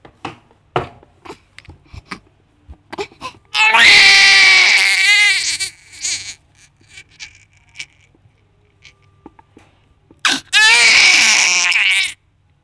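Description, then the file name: Caspian red deer call, two loud, shrill, strained bellows of about two seconds each, separated by quiet clicks and rustling. "MARAL"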